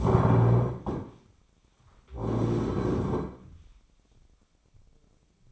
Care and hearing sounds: daily activity, microphone in the room; stand up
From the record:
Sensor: 1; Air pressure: 1009.3 hPa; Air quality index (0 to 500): 178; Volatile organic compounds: 3 ppm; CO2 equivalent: 1508 ppm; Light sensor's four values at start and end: 42/111/46/54 and 39/104/43/51

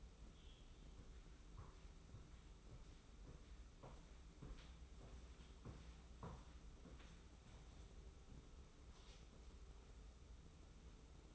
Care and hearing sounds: daily activity, microphone in the room; walk to room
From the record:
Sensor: 1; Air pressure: 994.4 hPa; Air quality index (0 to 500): 220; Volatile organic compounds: 1000 ppm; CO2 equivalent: 7870 ppm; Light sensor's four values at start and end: 63/142/63/66 and 61/136/60/63

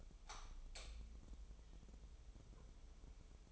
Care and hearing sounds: daily activity, microphone in the room; light on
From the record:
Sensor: 1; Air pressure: 988.4 hPa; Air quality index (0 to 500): 197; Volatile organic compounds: 988 ppm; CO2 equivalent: 5270 ppm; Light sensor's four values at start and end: 8/22/8/10 and 12/37/14/15

